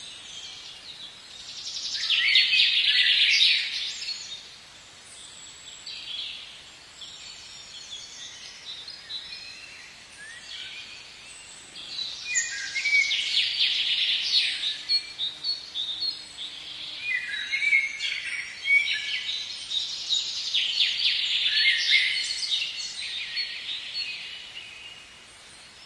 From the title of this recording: The spring birds in the outer suburbs sing early